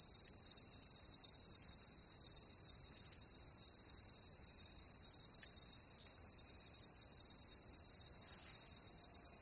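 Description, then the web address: Crickets producing an unbroken, shrill trill at an even level throughout. "Sounds of Nature Collection. Crickets"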